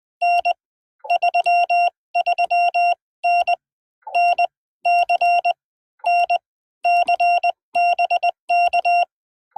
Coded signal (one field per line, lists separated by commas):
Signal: Morse code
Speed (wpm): 20 wpm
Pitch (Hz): 700 Hz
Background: none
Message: N 33N NC NC BK